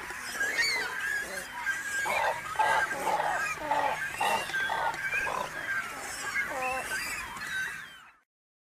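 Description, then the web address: Double-crested cormorant calls: many overlapping hoarse, honking and squealing notes from several birds in steady chorus, fading out at the end. North America. "Songs of Birds of North America. Double-crested Cormorant"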